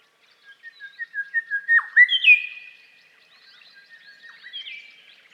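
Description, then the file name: Grey shrikethrush giving a run of quickening whistled notes that builds to a sharp downslurred note and a loud ringing whistle, then a softer phrase. "Grey Shrikethrush Colluricincla harmonica"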